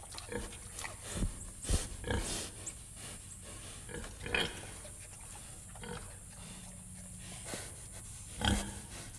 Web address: Auf dem Land grunzende schweine im stall